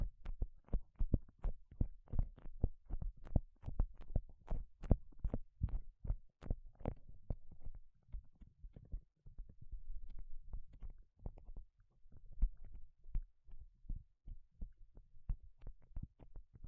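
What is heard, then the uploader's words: Gloves make dry crinkling and snapping sounds in quick, uneven bursts, each with a soft low thump underneath. Between about eight and eleven seconds the handling turns quieter and more of a rubbing rustle before the sharper snaps pick up again. 5 different GLOVES Sounds. (No Talking).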